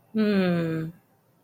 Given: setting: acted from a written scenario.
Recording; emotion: vocal sound without words; sympathy